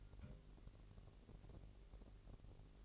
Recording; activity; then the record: daily activity, microphone in the room; take from stove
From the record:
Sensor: 4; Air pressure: 1002.9 hPa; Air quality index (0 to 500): 236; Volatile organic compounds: 10 ppm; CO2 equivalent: 2217 ppm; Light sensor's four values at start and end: 7/14/6/6 and 6/14/6/6